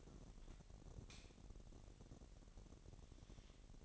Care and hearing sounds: daily activity, microphone in the room; light on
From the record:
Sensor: 4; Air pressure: 1012.7 hPa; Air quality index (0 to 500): 246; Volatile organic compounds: 4 ppm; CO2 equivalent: 1675 ppm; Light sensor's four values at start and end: 15/35/14/14 and 17/45/18/19

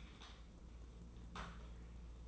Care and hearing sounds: daily activity, microphone in the room; typing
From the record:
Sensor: 1

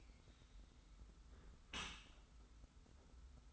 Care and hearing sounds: daily activity, microphone in the room; close dishwasher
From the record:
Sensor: 3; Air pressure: 991.3 hPa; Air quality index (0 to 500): 138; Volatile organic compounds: 272 ppm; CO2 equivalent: 4417 ppm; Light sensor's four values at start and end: 53/145/59/52 and 53/145/59/52

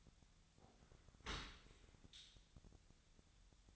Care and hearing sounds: daily activity, microphone in the room; open dishwasher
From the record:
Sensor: 3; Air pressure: 1006.7 hPa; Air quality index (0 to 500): 207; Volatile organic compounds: 19 ppm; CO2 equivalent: 2650 ppm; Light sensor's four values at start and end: 11/25/10/10 and 11/25/10/10

